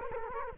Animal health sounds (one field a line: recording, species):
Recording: mosquito wingbeat signal from an infrared sensor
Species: Culex quinquefasciatus